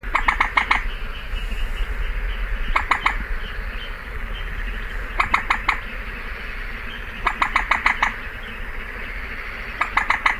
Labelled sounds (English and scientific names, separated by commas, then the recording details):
Common Moorhen (Gallinula chloropus) call
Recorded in the wild
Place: Kützerhof, Kummerower See, Mecklenburg-Vorpommern, DE
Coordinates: 53.8564, 12.8603
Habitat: wetland
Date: 2009-05-26
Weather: schwacher Wind aus Ost, klarer Himmel, ca. 15°C
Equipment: Sound Devices 702, Sennheiser MKH 70, Rycote Windschutz
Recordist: Frommolt, Karl-Heinz